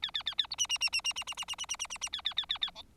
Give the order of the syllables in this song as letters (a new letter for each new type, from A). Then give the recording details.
A A A A B C C C C C C C C C C C C C C A A A A A D. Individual Bird4